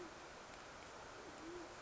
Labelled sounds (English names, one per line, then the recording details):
Band-tailed Pigeon
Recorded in Sonoma County, California